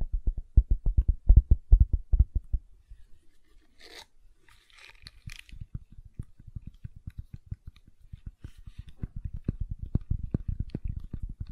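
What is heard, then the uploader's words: Gentle silicone sounds: a rapid run of soft, low squishy taps, dense for the first two and a half seconds, then quieter. Around four and five seconds come two brief hissy brushes, and the soft tapping gradually builds again toward the end. ASMR Gentle Silicon Sounds for Sleep (No Talking).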